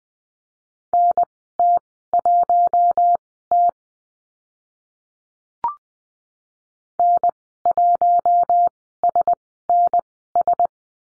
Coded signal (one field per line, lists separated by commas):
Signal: Morse code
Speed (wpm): 20 wpm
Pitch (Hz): 700 Hz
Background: none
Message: NT1T N1SNS